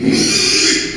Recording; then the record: squeal of a Yucatan mini pig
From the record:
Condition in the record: after surgery on the right vocal fold (resection and tissue-engineered implant); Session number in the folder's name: 2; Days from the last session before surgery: 13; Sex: male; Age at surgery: 12 weeks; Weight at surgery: 13 kg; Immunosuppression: cyclosporine, prednisolone